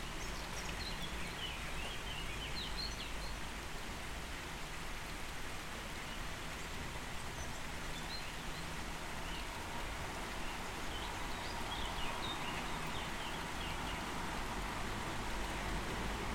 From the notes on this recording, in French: les voitures qui passent dans la rue. Le tonnerre. le vent dans le micro. Les oiseaux. La pluie.